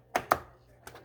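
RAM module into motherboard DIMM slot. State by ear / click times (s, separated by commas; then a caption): seated / 0.3 s. A RAM module is pushed into a motherboard DIMM slot: a first knock at 0.15 s, then a second push gives a sharp click at 0.3 s, followed by a fainter tap near 0.9 s. The module is seated.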